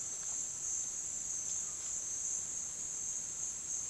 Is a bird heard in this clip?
no